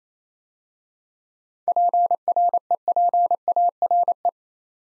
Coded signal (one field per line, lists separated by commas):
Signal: Morse code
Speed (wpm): 28 wpm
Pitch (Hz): 700 Hz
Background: none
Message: PREPARE